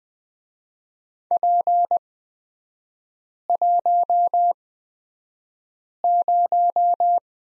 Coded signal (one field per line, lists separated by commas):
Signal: Morse code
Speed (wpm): 20 wpm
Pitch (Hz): 700 Hz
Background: none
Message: P10